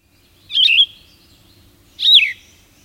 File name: Yellow-throated Vireo